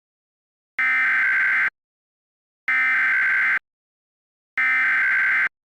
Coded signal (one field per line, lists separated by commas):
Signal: Emergency Alert System (SAME) tones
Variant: header bursts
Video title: EAS Scenario #3: Critical Flare